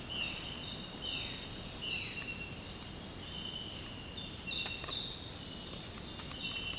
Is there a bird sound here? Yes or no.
yes